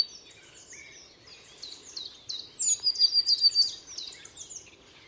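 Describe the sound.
Bird song: a quick high note followed by a short ringing trill in the middle, surrounded by a chorus of chirping birds.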